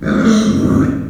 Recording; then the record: squeal of a Yucatan mini pig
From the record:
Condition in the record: after surgery on the right vocal fold (resection and tissue-engineered implant); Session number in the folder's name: 6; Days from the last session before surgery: 40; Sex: female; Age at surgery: 19 weeks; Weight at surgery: 25 kg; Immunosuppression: prednisolone